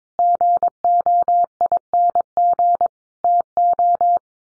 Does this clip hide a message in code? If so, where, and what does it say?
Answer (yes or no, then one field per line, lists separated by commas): yes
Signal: Morse code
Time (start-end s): 0.2-4.2 s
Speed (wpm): 22 wpm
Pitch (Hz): 700 Hz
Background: none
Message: GOING TO